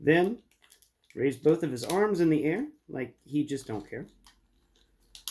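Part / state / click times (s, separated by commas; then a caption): arms of transforming robot toy into shoulder joints / seated / 5.1 s, 5.3 s. Someone talks while the arms of a plastic transforming robot toy, a Combiner Wars Constructicon Scrapper for the CW Devastator leg mode, are raised into the air and pushed into its shoulder joints. Two sharp, brief clicks are heard at 5.2 s and 5.3 s as the arms snap and seat into place.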